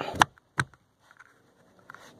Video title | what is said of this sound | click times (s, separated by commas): Error code P0139, O2 sensor replacement, Honda Accord - VOTD | they just snap in place | 0.2 s, 0.6 s